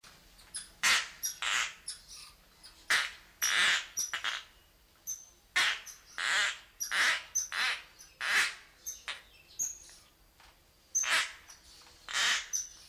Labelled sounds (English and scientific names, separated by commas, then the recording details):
Tokay Gecko (Gekko gecko)
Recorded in captivity
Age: diverse
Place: Zoo Magdeburg, Sachsen-Anhalt, DE
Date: 1989-05-12 12:29
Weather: bedeckt, z.T. Regen, 12°C
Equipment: Sony WM-D6C, Kopie 19 cm
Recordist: Tembrock, Günter